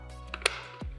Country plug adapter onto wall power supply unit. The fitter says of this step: now make sure that's secure and you hear it click